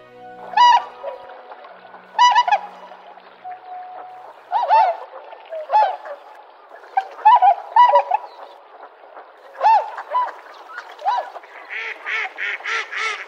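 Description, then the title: Tundra swan honking calls, nasal and bugle-like, spaced every couple of seconds, then a burst of overlapping calls from several swans at the end. Sugao marsh, Ibaraki Prefecture, Japan. "菅生沼（茨城県）のコハクチョウ"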